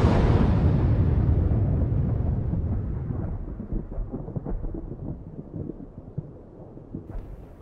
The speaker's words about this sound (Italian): Un'esplosione spaventosa sembra frantumare l'intera montagna. La nuvola di fumo e polvere investe l'intera zona.